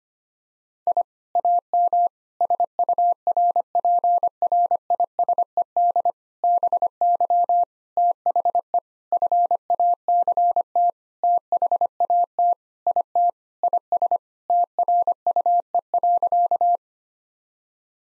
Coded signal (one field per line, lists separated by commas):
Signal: Morse code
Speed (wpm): 25 wpm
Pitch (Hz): 700 Hz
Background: none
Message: I AM SURPRISED BY THE FACT THAT IT IS TRUE.